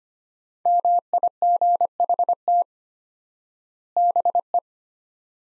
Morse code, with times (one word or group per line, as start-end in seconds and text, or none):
0.7-2.6 MIGHT
4.0-4.6 BE